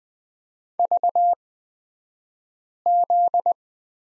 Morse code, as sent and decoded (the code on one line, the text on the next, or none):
...- --..
VZ